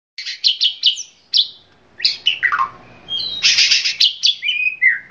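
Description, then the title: Oriental magpie-robin song of loud, high chirps and whistles in quick bursts, a descending slurred phrase midway, then a dense buzzy stretch ending in falling whistles. "Kicau Kacer"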